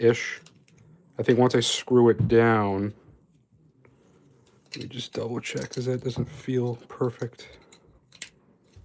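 While assembling a device, someone talks and, because the first fit didn't feel perfect, pushes a shaped part back into its matching hole in the device housing. A few faint taps come before a sharp hit at 8.2 s. The part is reseated and judged by feel to sit better.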